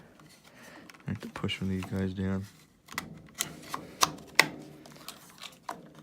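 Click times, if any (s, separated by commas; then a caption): none. Someone talks while lining up the plastic cover of a Stihl string trimmer head and pushing one retaining tab down so the cover can be tapped into place on the spool housing. Sharp, loud knocks land at about 3.4, 4.0 and 4.4 seconds. Nothing has seated or clicked into place yet.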